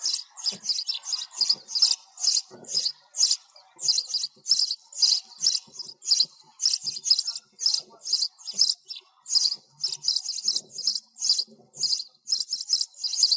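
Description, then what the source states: Sparrow chirping, a dense run of many high chirps with faint low rustling beneath. Sparrow calling its flock.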